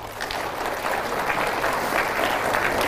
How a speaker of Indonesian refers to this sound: Cita-citanya adalah punya 1000 taman pendidikan Al-Quran. Mana tepuk tangannya?